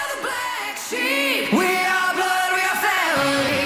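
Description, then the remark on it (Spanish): A female rock singer's powerful opening scream in a blues rock song rings out loud and sustained, a raw high-pitched wail that bends and slides in pitch over several seconds without letting up. “Le voy a volver a dar porque ese primer grito, cuando ya termine, le voy a dar.”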